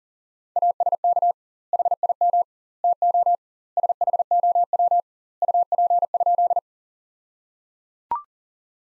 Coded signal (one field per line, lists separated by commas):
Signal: Morse code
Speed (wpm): 37 wpm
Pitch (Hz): 700 Hz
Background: none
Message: ASK HIM TO SHOW UP?